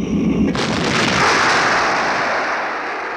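A cannonball's brief whistle is cut off by a loud, booming explosion as it strikes nearby, close to a hut, throwing up large clods of earth, its broad roaring rumble lingering and slowly fading over about three seconds. No one speaks.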